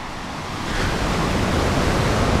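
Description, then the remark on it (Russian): Steady, hissing sea surf with a broad wash of noise from the waves that swells slightly louder after the first moment and then rolls on evenly, no voices present. “Море – это часть Мирового океана.”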